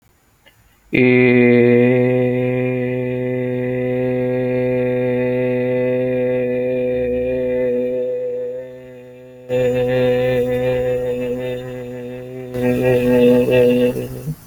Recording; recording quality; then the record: sustained vowel as in made; excellent, no background noise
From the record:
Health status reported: healthy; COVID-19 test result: not tested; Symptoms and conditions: none ticked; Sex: male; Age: 30 years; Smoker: not ticked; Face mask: not worn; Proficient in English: yes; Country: India